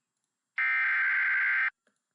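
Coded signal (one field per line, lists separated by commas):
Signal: Emergency Alert System (SAME) tones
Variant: header bursts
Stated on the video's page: Mock EAS tones made with EASyPLUS.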